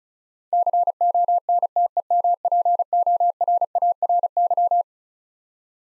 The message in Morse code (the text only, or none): CONTEMPORARY